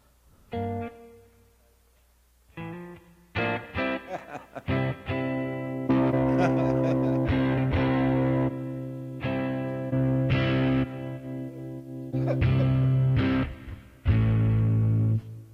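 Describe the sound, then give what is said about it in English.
Gritty overdriven electric guitar played through a screamer distortion patch plays loud, sustained chords and riffs, with short stops between phrases and a thick, buzzing distorted tone throughout. “I got to find that screamer patch. Yeah, there patch, was even you know, that gritty the one type where it's sound. Just like the wall of distortion.”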